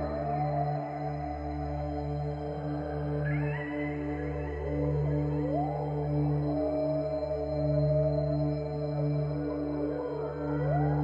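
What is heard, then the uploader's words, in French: Whale and dolphin calls rise and slide in thin gliding tones over a steady, loud low hum that pulses gently throughout. Ultrasons des baleines et des dauphins.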